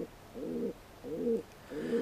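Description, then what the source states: Feral pigeon cooing, three low, rolling coos in quick succession with short pauses between them. Yle's nature sound of the week, the first of the year, presented by Juha Laaksonen.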